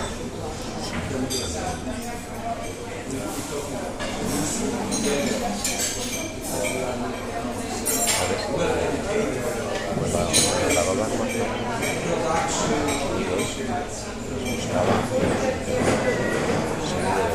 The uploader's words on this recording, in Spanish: Sonidos del desayuno en un hotel de Palma de Mallorca. Zona Can Picafort (Islas Baleares). Son las diez de la mañana, un día de septiembre húmedo, donde los alemanes e ingleses (y algún español perdido como yo), degustan sus huevos revueltos.